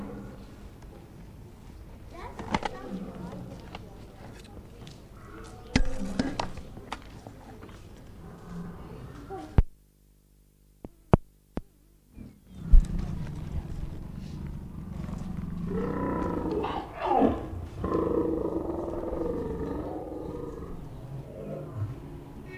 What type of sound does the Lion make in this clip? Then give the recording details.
call. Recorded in captivity. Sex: male. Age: adult. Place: Zoo Leipzig, Sachsen, DE. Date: 1959-09-17 13:15. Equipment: Reporter (Vollspur). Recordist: TSA